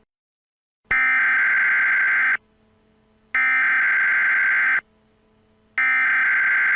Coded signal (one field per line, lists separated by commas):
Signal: Emergency Alert System (SAME) tones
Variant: header bursts